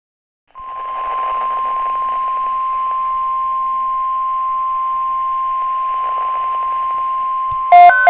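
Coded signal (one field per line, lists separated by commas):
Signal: Emergency Alert System (SAME) tones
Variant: 1050 Hz attention tone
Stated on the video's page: Alerts recorded on a digital camera, from NOAA weather radio severe weather alerts.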